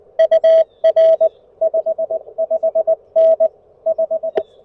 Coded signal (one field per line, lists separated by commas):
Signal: Morse code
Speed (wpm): 20 wpm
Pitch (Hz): 590 Hz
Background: none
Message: UR 55N 5